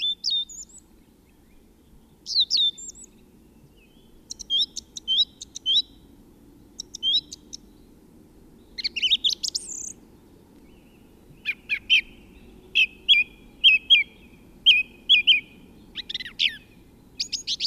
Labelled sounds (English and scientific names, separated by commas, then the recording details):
Song Thrush (Turdus philomelos) song
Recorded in the wild
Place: DE
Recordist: Tretzel, Erwin